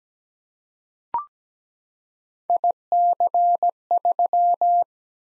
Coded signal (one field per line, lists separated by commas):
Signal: Morse code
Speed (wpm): 17 wpm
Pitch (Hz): 700 Hz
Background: none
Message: IC3